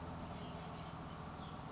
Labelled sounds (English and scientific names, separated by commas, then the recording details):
Oak Titmouse (Baeolophus inornatus)
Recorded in Sonoma County, California